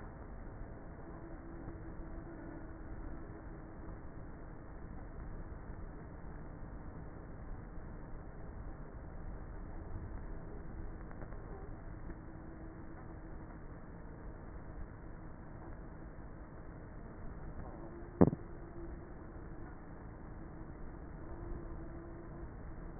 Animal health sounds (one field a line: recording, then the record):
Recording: honeybee colony, microphone inside the hive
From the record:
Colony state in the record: queenless with a low population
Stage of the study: before two queens were removed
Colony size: about 30,000 bees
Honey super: no